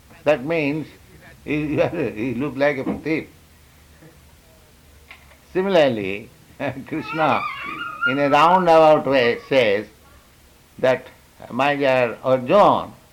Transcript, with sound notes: that means "You look like a thief." Similarly, [chuckles] Kṛṣṇa, in a roundabout way, says that "My dear Arjuna,